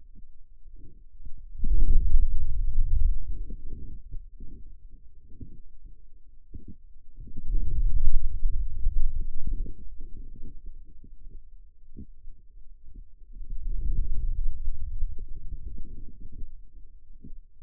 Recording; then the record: forearm muscle sounds (acoustic myography)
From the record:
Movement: hand closing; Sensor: system 2, bracelet of six BSWA MPA416 microphones around the upper forearm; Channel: 6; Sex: male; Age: 22 years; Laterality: right